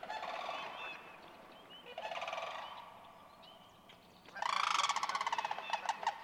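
Sandhill crane calls: a couple of softer rolling calls, then a loud pulsed rolling rattle in the last two seconds.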